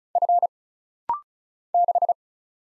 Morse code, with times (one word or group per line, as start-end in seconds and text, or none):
0.2-0.5 F
1.7-2.1 6